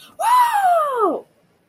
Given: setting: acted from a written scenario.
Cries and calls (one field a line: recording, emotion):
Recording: vocal sound without words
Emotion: elation